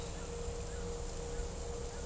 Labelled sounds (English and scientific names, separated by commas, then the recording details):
none
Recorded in pastures near Puerto Asís, Putumayo, Colombia, on 26 December 2024 at 15:30
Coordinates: 0.497, -76.327
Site G088